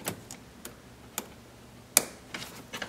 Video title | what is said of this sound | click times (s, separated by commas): How to Install a Carbon Fiber Front Grill on a C8 Corvette | okay you heard it click open and then you're just going to press at the very top | 2.0 s